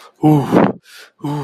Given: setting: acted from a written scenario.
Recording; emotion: vocal sound without words; distress